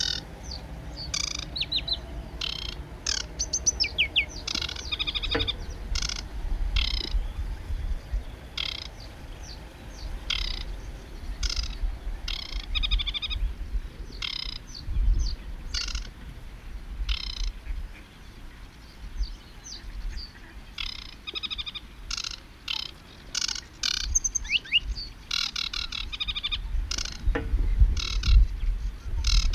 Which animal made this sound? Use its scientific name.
Acrocephalus paludicola